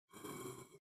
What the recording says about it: Rather than doing that violent throat clearing, which is unpleasant to listen to, but it's also really slamming your cords together, just go ahead and tuck your chin and just make a voiced H like that. You can hear I had a little phlegm on my folds.